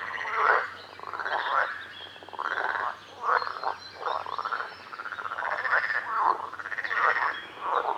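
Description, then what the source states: Frogs croaking in a chorus of rasping, pulsed calls in repeated bursts. Frogs at a lake.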